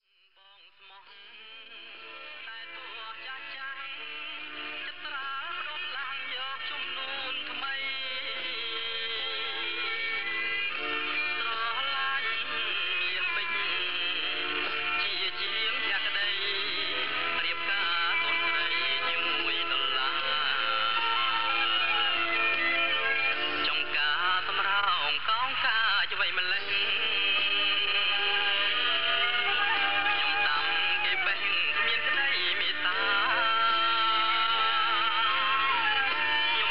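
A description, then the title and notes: Cambodian music comes in over shortwave radio, fading up from silence in the first few seconds and then holding steady. Sustained melodic lines from voice and instruments bend and glide, all boxed into a narrow, muffled band with no highs, over a low steady hum. Cambodia Music (male singing with strings and flute) heard on shortwave radio near Siem Reap, Cambodia. Music on shortwave radio.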